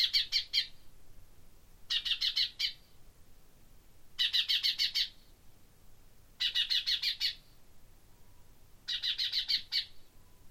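Common chaffinch calling: high, buzzy bursts of five or six rapid pulsed notes, each burst under a second, repeated about every two seconds.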